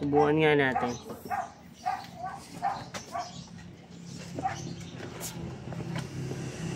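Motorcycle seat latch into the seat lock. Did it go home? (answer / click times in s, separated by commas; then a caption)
no / none. On a Yamaha NMAX V2 non-ABS scooter, with a key compartment being installed, the seat is closed and its latch is pushed toward the seat lock while someone talks briefly at the start. Soft handling knocks and rustles follow over a low hum. The latch has not yet seated or clicked into the lock by the end.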